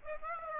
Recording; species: mosquito wingbeat signal from an infrared sensor; Aedes aegypti